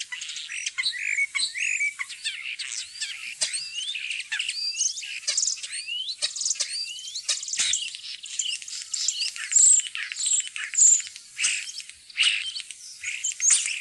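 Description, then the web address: Common starling song, a long busy jumble of squeaky whistles, clicks and chatter, with bright pure high whistles toward the end. "fuglelyder-1 staer"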